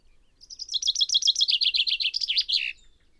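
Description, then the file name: Common chaffinch song: a bright trill of repeated notes, slightly descending, with a final flourish after about two seconds of singing. "Fringilla coelebs"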